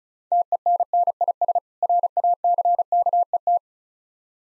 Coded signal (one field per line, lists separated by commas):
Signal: Morse code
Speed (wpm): 36 wpm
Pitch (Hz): 700 Hz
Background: none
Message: TENNIS RACKET